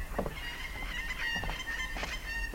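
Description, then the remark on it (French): Several geese honk repeatedly in overlapping, nasal calls, loud and harmonic, with brief bursts spread across a few seconds over a low background rumble. “D'abord, les oiseaux.”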